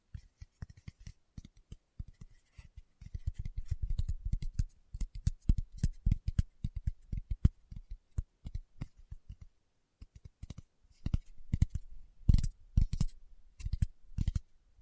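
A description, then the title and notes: Fingertips tap in quick, uneven bursts, each tap a short dull knock with a crisp clicky edge. The taps come in clusters of rapid rolls separated by brief pauses, with a near-silent gap around nine to ten seconds before the tapping resumes. ASMR Tapping with Fingertips (No Talking).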